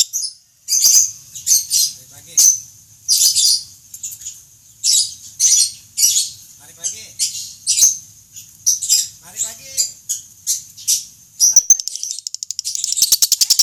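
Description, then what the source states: Lovebird calling in short, harsh, high squeaky bursts separated by brief gaps, ending in a faster rattling chatter. Lovebird Fretty.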